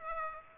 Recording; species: mosquito wingbeat signal from an infrared sensor; Aedes aegypti